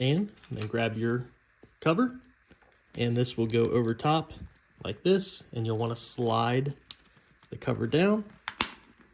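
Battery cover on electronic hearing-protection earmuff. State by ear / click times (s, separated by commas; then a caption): seated / 8.5 s, 8.6 s. Someone talks while a plastic battery cover is placed over the battery compartment of an electronic hearing-protection earmuff cup and slid down. Two sharp clicks at 8.5 s and 8.6 s mark the cover popping into place, and it is seated.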